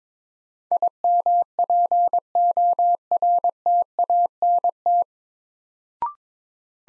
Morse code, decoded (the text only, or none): IMPORTANT